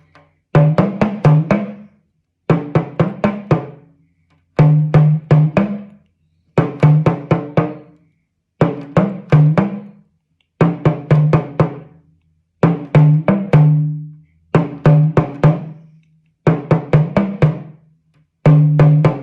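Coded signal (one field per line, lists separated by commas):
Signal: talking drum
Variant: Yoruba dùndún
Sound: about nine or ten short phrases of resonant low drum strokes with bending pitch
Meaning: Counting from one to ten in drummed Yoruba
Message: Eni bi eni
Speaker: count one to ten within an arm shot talking drum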